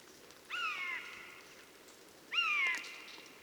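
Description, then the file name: Eurasian jay giving two drawn-out, nasal mewing calls, each half a second long and sliding slightly downward, separated by a pause. "Garrulus glandarius"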